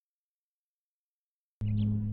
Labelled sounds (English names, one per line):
House Finch song